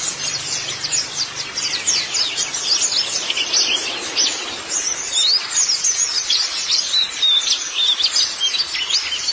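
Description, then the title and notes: White-eye: quick high chirps and twittered phrases pour out without a break, a bright, busy chatter over light hiss. "Kicauan Burung Pleci Durasi Panjang. Suara kicauan burung pleci"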